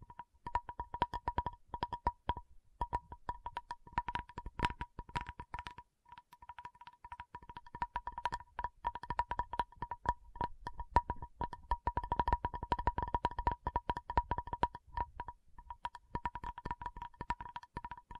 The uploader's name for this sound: Tapping Session (No Talking)